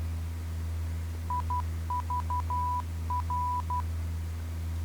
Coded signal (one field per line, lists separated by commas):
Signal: Morse code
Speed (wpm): 12 wpm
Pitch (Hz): 990 Hz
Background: none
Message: IVR